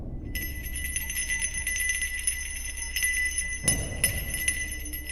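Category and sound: sound effect, bell ringing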